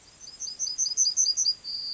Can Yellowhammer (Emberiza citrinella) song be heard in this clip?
yes